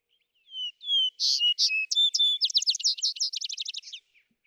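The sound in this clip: Vesper sparrow singing: two whistles lead into brighter chips and a long tumbling trill of quick notes.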